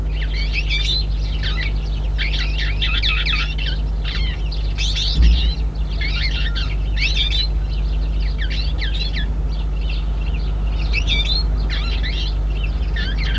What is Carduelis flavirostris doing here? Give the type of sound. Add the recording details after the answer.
call. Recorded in captivity. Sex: pair. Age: adult. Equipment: Halbspur, 9,5 cm/s. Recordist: Lütgens, Hans